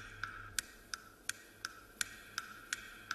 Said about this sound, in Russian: На стене в избе висят часы, качающиеся в разные стороны маятником.